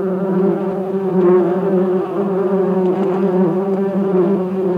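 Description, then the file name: Bee: many bees buzzing in a steady, droning hum with a low fundamental and stacked harmonics. "Bienen summen"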